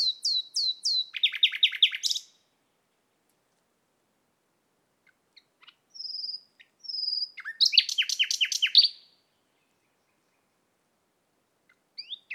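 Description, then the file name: Common nightingale song: rapid repeated high notes, then a run of descending chattering trills, a pause, two pure whistles, and another fast rattling phrase; no other sounds. "Luscinia megarhynchos"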